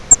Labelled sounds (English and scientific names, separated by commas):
Grace's Warbler (Setophaga graciae) flight call